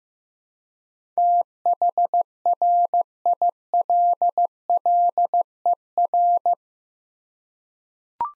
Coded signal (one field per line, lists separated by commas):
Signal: Morse code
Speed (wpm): 15 wpm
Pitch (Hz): 700 Hz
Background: none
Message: THRILLER